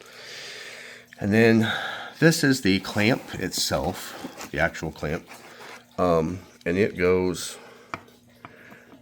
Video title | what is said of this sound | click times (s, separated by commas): Worksharp professional precision adjust elite fixed angle knife sharpening system | into the tower right there like that, and it locks in place, and it | 7.9 s